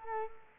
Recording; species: mosquito wingbeat signal from an infrared sensor; Culex quinquefasciatus